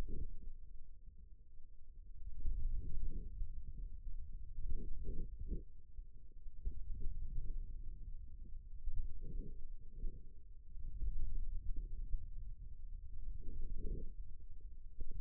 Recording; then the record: forearm muscle sounds (acoustic myography)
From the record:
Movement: ulnar deviation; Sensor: system 2, bracelet of six BSWA MPA416 microphones around the upper forearm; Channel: 3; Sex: male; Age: 22 years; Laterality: right